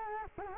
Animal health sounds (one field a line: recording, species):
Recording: mosquito wingbeat signal from an infrared sensor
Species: Culex quinquefasciatus